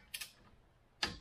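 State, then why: Torque reached. A click-type torque wrench set to 30 tightens a second brake fastener. Two faint ticks sound near 0.2 s, then the wrench gives a sharp, bright click at 1.0 s. The fastener reaches its torque setting and is good to go.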